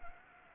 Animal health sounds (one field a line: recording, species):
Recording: mosquito wingbeat signal from an infrared sensor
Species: Anopheles gambiae